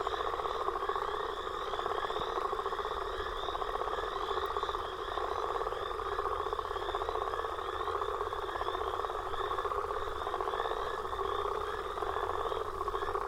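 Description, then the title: Frogs and toads calling together nonstop, buzzy pulsed trills layered with repeated higher chirps. Mixed frog and toad chorus recorded after a storm. "Frog And Toad Chorus Post Storm With Thunder"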